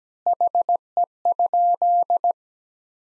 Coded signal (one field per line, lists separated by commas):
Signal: Morse code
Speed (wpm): 17 wpm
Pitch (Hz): 700 Hz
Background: none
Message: HE?